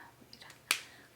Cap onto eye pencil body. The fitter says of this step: close it wait for the click oh my god um yeah